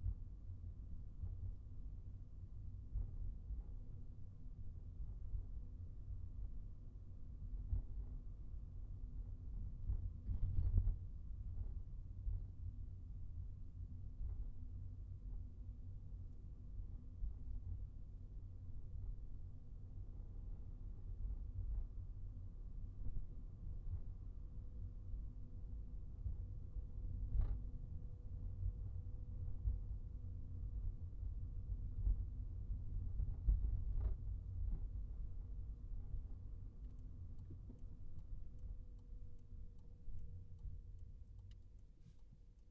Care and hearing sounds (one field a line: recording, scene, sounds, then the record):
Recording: everyday scene through a hearing-aid microphone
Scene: in a vehicle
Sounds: engine, highway traffic jam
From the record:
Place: Skoda Fabia, gasoline engine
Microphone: behind the ear, right, front